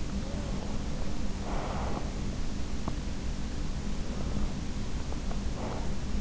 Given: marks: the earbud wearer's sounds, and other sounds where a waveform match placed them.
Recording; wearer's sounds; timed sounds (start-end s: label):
sounds in sleep by an in-ear microphone; breath
0.08-2.21 s: breath
3.96-6.21 s: breath